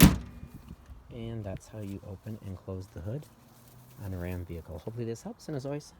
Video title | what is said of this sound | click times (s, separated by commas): How to Open Hood RAM LARAMIE LONG HORN How to open hood Bonnet latch 2015 and newer | right there, that latch, the safety latch, and then you're just going to push down until you hear a click, and | 0.0 s